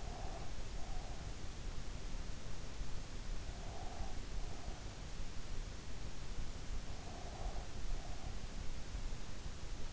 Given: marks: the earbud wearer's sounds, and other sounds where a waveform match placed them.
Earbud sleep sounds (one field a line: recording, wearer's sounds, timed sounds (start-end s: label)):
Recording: sounds in sleep by an in-ear microphone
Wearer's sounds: breath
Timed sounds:
0.00-1.34 s: breath
3.48-5.11 s: breath
7.06-8.45 s: breath